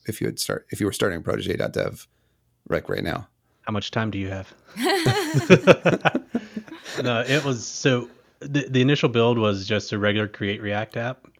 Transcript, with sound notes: If you would start, if you were starting protege.dev right now?
How much time do you have? (laugh) It was, so, the initial build was just a regular Create React App.